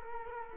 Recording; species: mosquito wingbeat signal from an infrared sensor; Culex quinquefasciatus